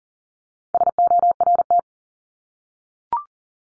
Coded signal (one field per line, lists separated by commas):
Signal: Morse code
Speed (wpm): 40 wpm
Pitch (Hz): 700 Hz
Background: none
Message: SORT